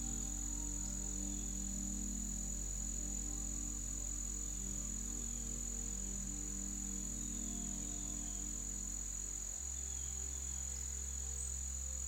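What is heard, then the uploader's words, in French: Soft music blends with forest sounds: low, sustained droning tones hold steady, then shift to a new deeper chord at about nine and a half seconds. Above them, a constant high, shrill insect chirring, like crickets, runs unbroken throughout. Plongez dans un univers où la musique apaisante se mêle aux sons de la forêt.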